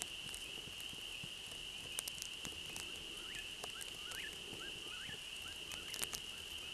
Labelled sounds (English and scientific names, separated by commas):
Eastern Whip-poor-will (Antrostomus vociferus) song